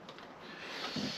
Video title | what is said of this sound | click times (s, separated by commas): Tuto : va pas tout péter ! phare, clignotant, Rover 820ti 2.0L T16 200cv (1998) | Et là j'étais pas dedans, j'étais à côté. | none